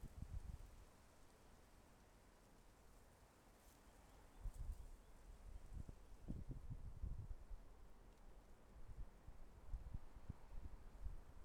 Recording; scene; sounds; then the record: everyday scene through a hearing-aid microphone; wind on the microphone; wind, traffic, birds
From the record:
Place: suburban garden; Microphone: behind the ear, left, front